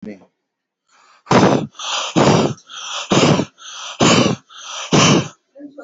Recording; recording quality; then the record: deep breathing; excellent, no background noise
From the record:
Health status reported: respiratory illness, not identified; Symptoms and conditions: none ticked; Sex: male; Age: 35 years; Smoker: not ticked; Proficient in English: yes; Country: India